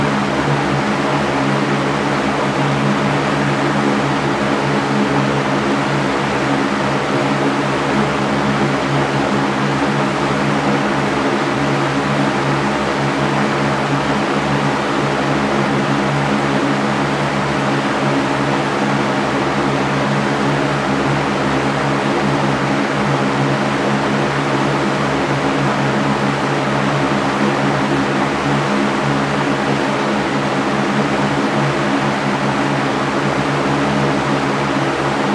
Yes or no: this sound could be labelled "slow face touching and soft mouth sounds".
no